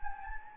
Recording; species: mosquito wingbeat signal from an infrared sensor; Anopheles gambiae